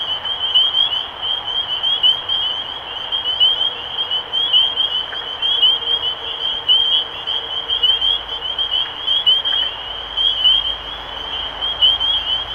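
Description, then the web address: Spring peepers calling in a dense chorus, many high rising peeps overlapping continuously, with clearer individual peeps standing out. Recorded 23 March 2012. "rob animals Peepers-2012-0323"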